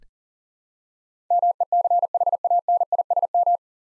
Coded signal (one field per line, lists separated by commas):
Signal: Morse code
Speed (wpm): 38 wpm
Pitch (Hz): 700 Hz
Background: none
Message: MECHANISM